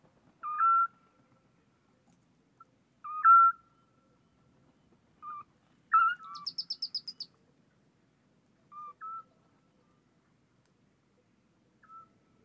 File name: Eurasian Scops Owl Copulation sequence with various calls of male female